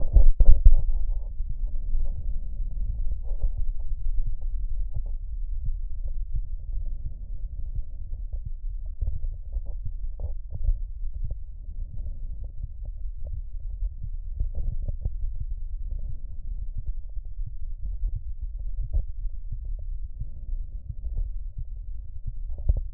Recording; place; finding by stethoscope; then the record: heart sounds by stethoscope; aortic valve (AV); normal heart sounds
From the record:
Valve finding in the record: normal valve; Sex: male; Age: 63 years